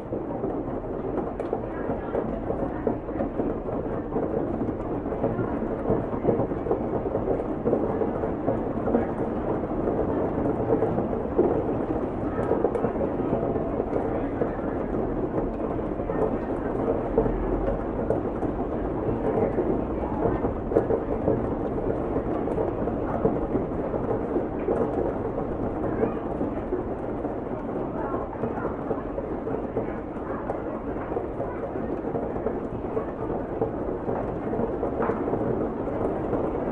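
Rain falls steadily on a bedroom window, a dense, even wash of sound that stays at the same level throughout. The tone is muffled, with no crisp highs, over a faint low rumble, and small taps and ticks scattered through it.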